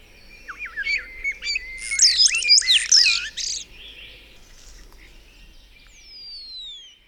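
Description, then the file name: Common starling song: wavering whistles and dense chattering clicks, then a long falling whistle near the end. "Szpak"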